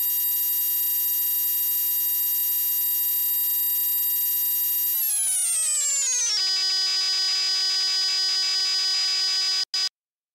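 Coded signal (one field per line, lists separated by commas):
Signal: computer data on cassette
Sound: steady buzzy lead tone, a descending sweep, then harsh rapidly chopped data warble, abrupt end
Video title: Tape Data Storage Project | Real-Time Text Monitoring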